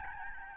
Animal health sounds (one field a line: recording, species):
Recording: mosquito wingbeat signal from an infrared sensor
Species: Aedes albopictus